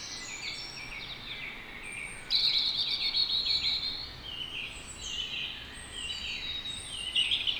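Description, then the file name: European robin producing a long, thin, high warbling phrase that jumps louder after two seconds, with fluttering notes and soft hiss throughout. "Erithacus rubecula"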